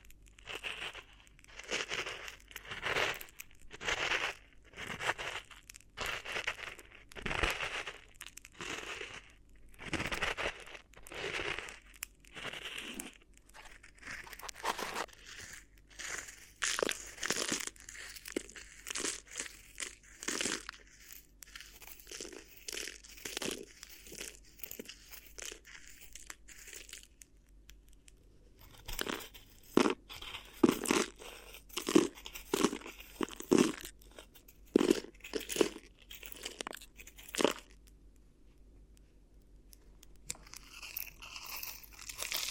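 Crinkly sounds of an ear massage: bursts of bright crinkling and crunching come in quick, uneven pulses through most of the clip. Around the middle the rustling softens and thins, then sharper crinkles return in clustered bursts before tapering off near the end.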